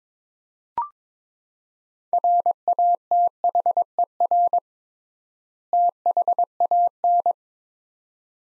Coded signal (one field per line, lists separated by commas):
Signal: Morse code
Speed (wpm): 22 wpm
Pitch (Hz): 700 Hz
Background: none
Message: RATHER THAN